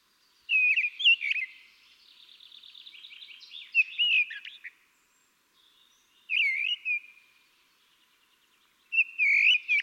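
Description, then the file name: Common blackbird song: mellow fluted phrases, some followed by thin twittering notes, separated by short pauses. "Turdus merula"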